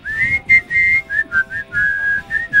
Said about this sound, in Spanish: Usted siga silbando que me gusta como acompaña.